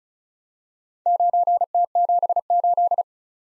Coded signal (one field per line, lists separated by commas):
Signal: Morse code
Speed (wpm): 36 wpm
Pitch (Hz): 700 Hz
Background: none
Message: 9T78